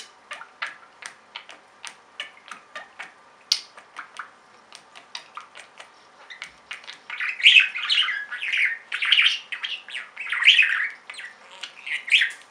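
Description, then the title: Budgerigar calls: a series of sharp clicks and ticks at first, then dense, scratchy warbling chatter with buzzy notes in the second half. "Budgie Sounds"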